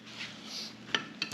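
After a valve spring is installed on a 6.0 LS cylinder head, the top of the steel spring retainer is struck a couple of times to seat the valve keepers in their grooves on the valve stem, since a keeper that isn't seated properly will either go flying or seat itself. Two sharp metallic smacks ring out at 1.0 s and 1.2 s, with a louder hit just after 1.3 s at the very end. The keepers are seated.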